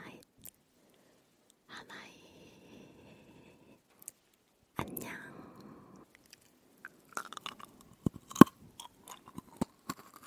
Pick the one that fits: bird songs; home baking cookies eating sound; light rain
home baking cookies eating sound